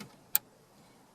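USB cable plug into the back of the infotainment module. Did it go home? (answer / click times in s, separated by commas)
yes / 0.3 s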